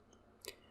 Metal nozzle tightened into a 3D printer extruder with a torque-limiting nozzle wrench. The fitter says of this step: we will tighten the nozzle until the wrench clicks